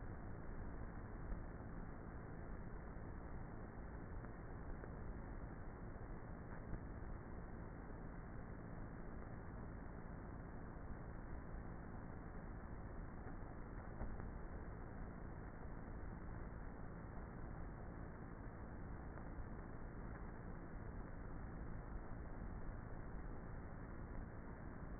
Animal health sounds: honeybee colony, microphone inside the hive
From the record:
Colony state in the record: queenless with a low population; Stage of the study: before two queens were removed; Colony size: about 30,000 bees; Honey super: no

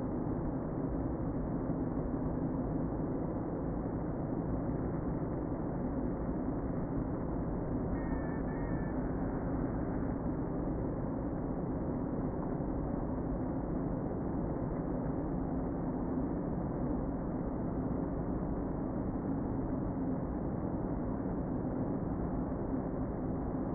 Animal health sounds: honeybee colony, microphone inside the hive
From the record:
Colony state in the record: queen present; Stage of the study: before two queens were removed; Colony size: about 60,000 bees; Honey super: yes

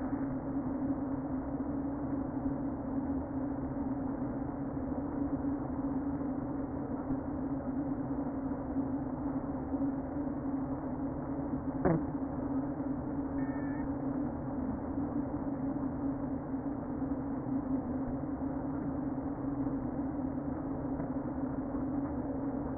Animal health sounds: honeybee colony, microphone inside the hive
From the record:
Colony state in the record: queen present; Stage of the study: before two queens were removed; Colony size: about 60,000 bees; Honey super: yes

